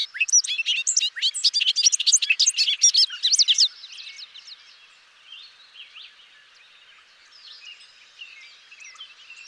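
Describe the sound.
Bobolink song: a loud, rollicking stream of jangling, bubbling notes for nearly four seconds, then quieter birdsong continues in the background.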